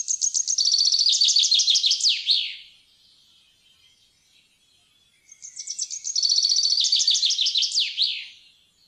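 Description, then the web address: Common chaffinch singing two rattling, cascading phrases that finish with a sharp terminal flourish, separated by a few seconds of quiet. "fuglelyder- bokfink"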